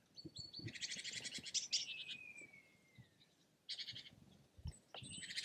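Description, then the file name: Bird song with buzzy, rattling trills, a long thin whistle sliding slowly downward, and then further short buzzy bursts and a rising note near the end. "ptaki"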